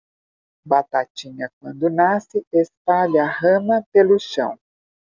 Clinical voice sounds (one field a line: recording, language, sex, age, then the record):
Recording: short text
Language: Brazilian Portuguese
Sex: female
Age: 60 to 69 years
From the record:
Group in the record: control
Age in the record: 62 years